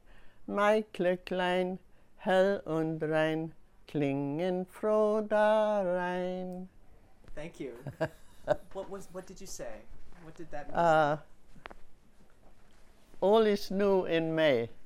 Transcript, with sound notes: Mägdle klein, hell und rein, klingen froh darein."
Thank you. (she laughs) What was, what did you say. What did that mean?
All is new in May,